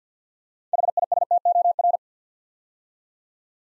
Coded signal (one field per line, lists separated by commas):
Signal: Morse code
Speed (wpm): 50 wpm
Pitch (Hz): 700 Hz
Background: none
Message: HISTOR